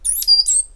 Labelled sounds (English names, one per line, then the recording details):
Stitchbird song
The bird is a male
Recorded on Tiritiri Matangi Island, New Zealand, in 2005
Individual 8, of nest box 10